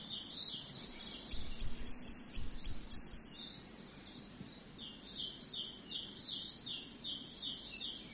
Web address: blue tit